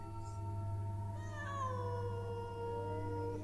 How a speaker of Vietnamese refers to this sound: Tiếng mèo kêu ở bên ngoài vọng vào bên trong. Tiếng mèo kêu càng lúc càng lớn, tiếng kêu rên rỉ thoáng nghe như là tiếng trẻ con khóc.